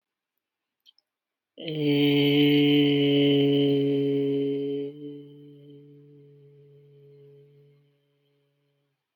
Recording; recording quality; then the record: sustained vowel as in made; excellent, no background noise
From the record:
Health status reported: healthy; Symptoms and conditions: none ticked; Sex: male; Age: 35 years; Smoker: not ticked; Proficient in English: no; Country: India